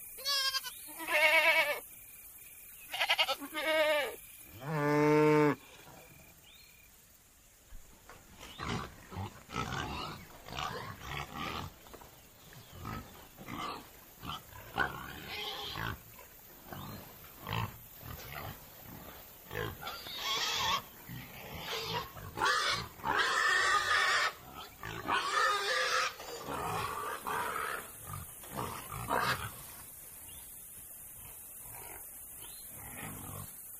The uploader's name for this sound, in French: A la ferme avec ses animaux